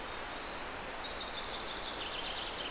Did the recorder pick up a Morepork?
no